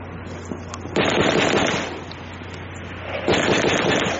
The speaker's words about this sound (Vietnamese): Vừa lúc ấy, mới phát súng nổ vàng, có tiếng phát tháo, rồi êm luôn.